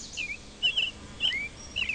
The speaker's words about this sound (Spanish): Por lo menos pajaritos vamos a escuchar. Sí, dan ganas de estar tirado ahí bajo el sol.